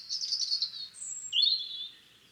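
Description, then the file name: European robin singing one varied phrase: warbled high notes, a thin sustained whistle, then a lower trilled run that fades out. "Erithacus rubecula"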